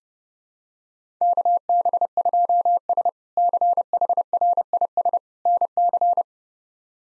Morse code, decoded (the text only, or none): KB2S CHRIS NC